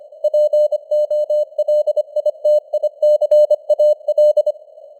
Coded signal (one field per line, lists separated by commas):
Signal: Morse code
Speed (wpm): 25 wpm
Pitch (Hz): 600 Hz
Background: none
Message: POLITICAL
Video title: Morse Code News | 2026-01-21 | 25wpm